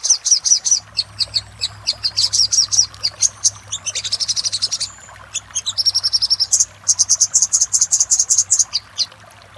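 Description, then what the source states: Little spiderhunter: extended bursts of very high, rapid chip notes, one buzzy trilled section, alongside a steady low hum. Master recording used for training cage birds, labelled 'Labaik'.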